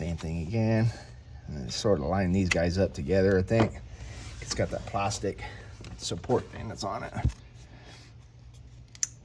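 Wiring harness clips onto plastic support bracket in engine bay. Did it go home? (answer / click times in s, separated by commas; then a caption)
yes / 8.9 s, 9.0 s. While changing the spark plugs on a Macan S, wiring harness clips are lined up on a plastic support bracket in the engine bay and pushed on. Someone talks for most of the clip; then two sharp snaps come in quick succession at about 9.0 s, as the plastic clips seat in place.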